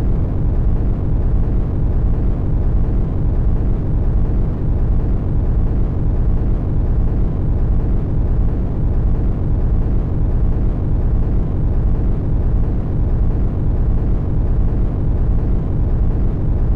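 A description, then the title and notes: Inside an airplane cabin, a steady, dense low roar fills the whole seventeen seconds without letup. The rumble sits mostly in the deep and low-middle range, with a softer hiss above it, and no distinct events or voices break through. Sound of an airplane cabin.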